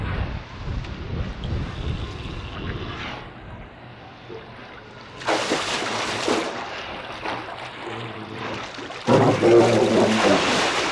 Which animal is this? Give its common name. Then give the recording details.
Brown Bear. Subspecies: middendorffi. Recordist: Tembrock, Günter. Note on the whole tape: Begegnungslaute zwischen Erwachsenen im Wassergraben